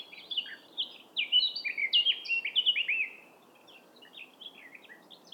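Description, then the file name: Eurasian blackcap song, soft twittering opening into a loud burst of rich, whistled phrases, then trailing off into quiet chatter. "Sylvia atricapilla"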